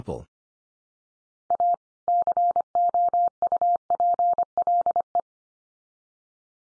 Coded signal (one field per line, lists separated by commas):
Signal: Morse code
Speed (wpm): 25 wpm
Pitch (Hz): 700 Hz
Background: none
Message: A COUPLE